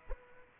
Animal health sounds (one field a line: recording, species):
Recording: mosquito wingbeat signal from an infrared sensor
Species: Aedes aegypti